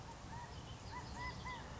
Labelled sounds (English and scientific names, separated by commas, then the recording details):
California Quail (Callipepla californica)
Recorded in Sonoma County, California